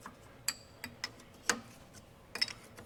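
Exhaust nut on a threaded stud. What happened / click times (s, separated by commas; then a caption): The ratchet keeps ticking as the nut spins without tightening / 0.5 s, 0.8 s, 1.0 s, 1.5 s, 2.4 s. A ratchet wrench is turned on a steel nut on an exhaust stud, and the ratchet ticks sharply at about 0.5, 0.8, 1.0, 1.5, 2.4 and 2.4 seconds. The nut spins on the stud without tightening because its threads are stripped; the stud itself is not turning.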